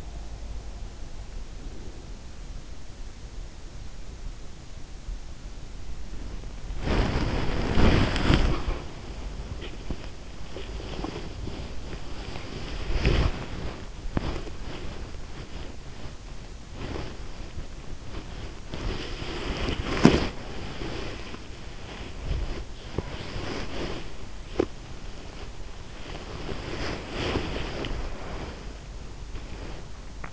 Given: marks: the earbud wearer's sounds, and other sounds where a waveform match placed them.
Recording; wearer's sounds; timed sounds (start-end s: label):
sounds in sleep by an in-ear microphone; breath, body movement
1.51-2.13 s: breath
6.60-30.32 s: body movement